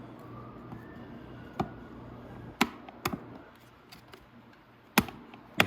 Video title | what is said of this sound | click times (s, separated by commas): How to Replace the Gas Tank on the Venom 110cc Mini Madix ATV - Venom Motorsports | it sure slips in like that and you can click it in like that | 5.0 s, 5.6 s